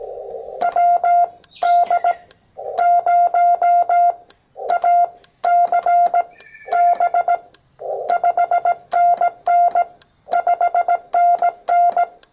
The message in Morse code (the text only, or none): WD0ACB 5NN 5NN